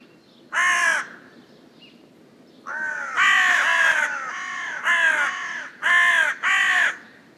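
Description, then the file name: Carrion crow giving rasping caws: a single harsh caw, a pause, then a run of longer grating calls and two final caws in quick succession. "Corvus corone"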